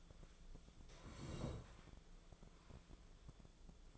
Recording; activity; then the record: daily activity, microphone in the room; sit down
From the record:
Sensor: 5